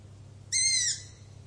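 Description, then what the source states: A lone harsh owl screech, about half a second long and very high, followed by low humming quiet. Owl screaming.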